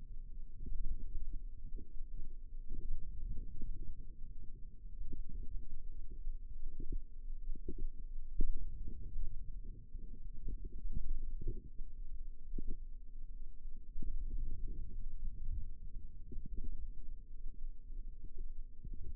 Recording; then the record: forearm muscle sounds (acoustic myography)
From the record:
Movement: ulnar deviation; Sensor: system 2, bracelet of six BSWA MPA416 microphones around the upper forearm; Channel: 3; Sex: female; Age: 22 years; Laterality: right